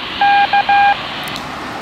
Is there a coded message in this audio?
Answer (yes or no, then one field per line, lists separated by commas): no